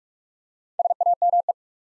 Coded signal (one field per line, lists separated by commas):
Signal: Morse code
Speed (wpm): 44 wpm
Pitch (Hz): 700 Hz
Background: none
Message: SAME